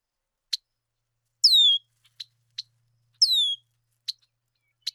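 Bird song: two high descending whistles mixed with several short, sharp chip notes scattered throughout.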